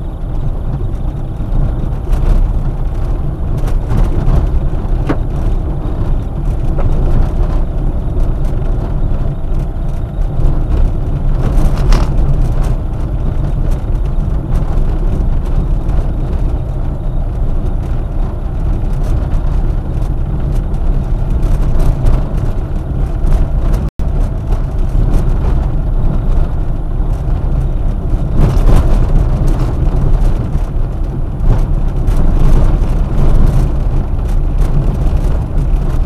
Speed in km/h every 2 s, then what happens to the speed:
22, 22, 25, 26, 26, 26, 25, 25, 27, 28, 28, 28, 26, 25, 24, 23, 23, 21.
0-36 steady at about 25.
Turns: none.